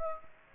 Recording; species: mosquito wingbeat signal from an infrared sensor; Aedes aegypti